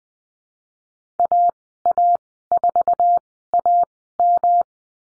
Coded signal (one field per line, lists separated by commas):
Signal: Morse code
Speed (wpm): 20 wpm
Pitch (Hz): 700 Hz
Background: none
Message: AA4AM